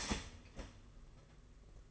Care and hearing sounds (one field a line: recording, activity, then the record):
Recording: daily activity, microphone in the room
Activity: start toaster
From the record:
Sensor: 4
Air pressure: 992.5 hPa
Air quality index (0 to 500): 144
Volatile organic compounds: 82 ppm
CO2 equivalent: 3626 ppm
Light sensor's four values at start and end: 18/61/22/23 and 18/61/22/23